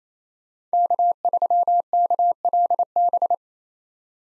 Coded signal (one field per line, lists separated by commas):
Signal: Morse code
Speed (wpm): 28 wpm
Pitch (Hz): 700 Hz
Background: none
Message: K3KLB